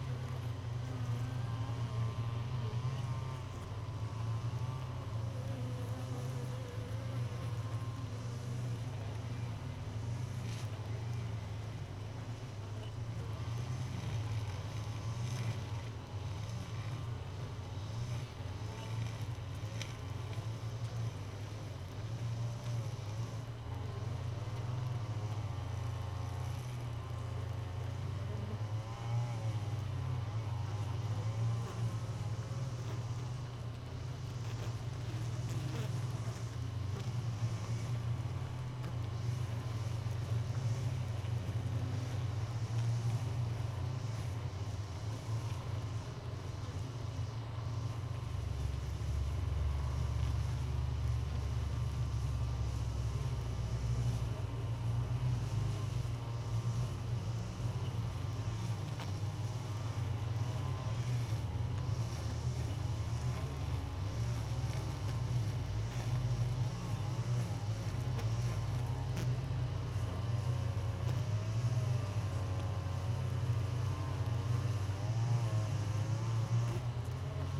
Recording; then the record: honeybee colony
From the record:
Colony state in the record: missing queen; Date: 31 May 2018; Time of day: 4:57